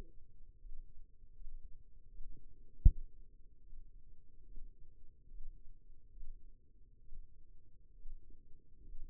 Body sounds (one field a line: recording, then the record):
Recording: forearm muscle sounds (acoustic myography)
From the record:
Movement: rest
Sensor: system 2, bracelet of six BSWA MPA416 microphones around the upper forearm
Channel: 4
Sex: female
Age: 25 years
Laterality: right